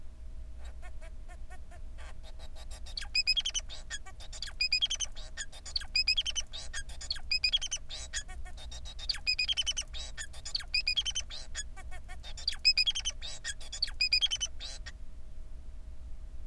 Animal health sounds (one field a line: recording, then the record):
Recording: song of a male Bengalese finch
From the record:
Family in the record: son of father 4